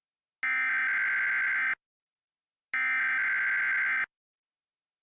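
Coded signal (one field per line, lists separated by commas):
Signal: Emergency Alert System (SAME) tones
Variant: header bursts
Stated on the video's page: Fictional blizzard scenario, simulated alert, remastered edit.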